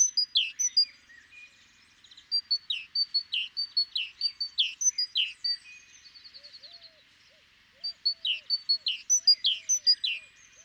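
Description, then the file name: Great tit giving long runs of quick high notes with falling slurs, broken by short pauses; a faint low whistle repeats in the background late on. "Parus major"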